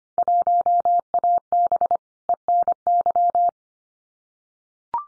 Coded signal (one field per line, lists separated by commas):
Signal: Morse code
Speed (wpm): 25 wpm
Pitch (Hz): 700 Hz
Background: none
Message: 1AB ENY